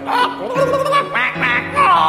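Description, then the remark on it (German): A voice mimics a flurry of quacking ducks and honking geese, producing several nasal, gargly squawks in quick succession with wobbling pitch, loud and continuous over about two seconds. “Mein Hof wäre voll mit Hühnern, Gänsen und Enten und was das sonst noch kräht und schreit.”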